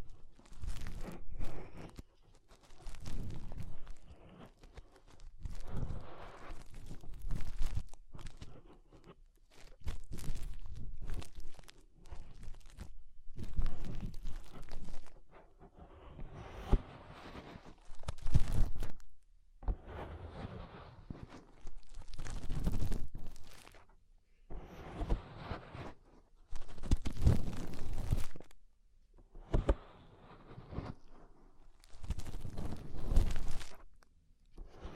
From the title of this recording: Inner Ear Cleaning Using Fingers